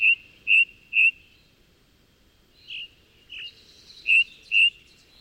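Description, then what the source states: Ring Ouzel song: clear piping whistled notes in short series, three identical notes, a pause, two slurred notes, then two more piping notes, with faint higher chirps behind. Repetitive, slightly melancholic song near the Brocken summit where the forest ends, 6 to 12-18 territories there; sings very early in the morning, among the first singers at these altitudes; individuals sing quite differently.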